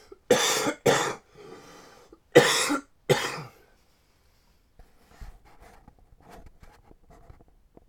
Man Coughing.